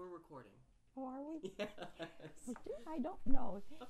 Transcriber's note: laughs